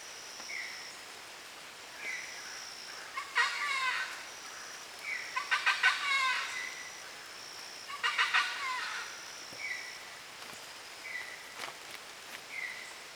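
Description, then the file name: Bird calls: three harsh, rapid gobbling bursts, with short chirped notes between them and thin, high whistled notes in the background. "oiseaux"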